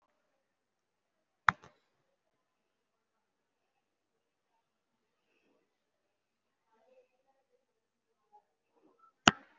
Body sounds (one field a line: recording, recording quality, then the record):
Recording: shallow breathing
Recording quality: poor, much background noise or distortion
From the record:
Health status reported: respiratory illness, not identified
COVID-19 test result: negative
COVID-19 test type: RT-PCR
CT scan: not taken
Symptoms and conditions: cough, cold, breathing difficulty, chronic lung disease, pneumonia, ischaemic heart disease, another condition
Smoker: no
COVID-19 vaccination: none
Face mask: worn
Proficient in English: no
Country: India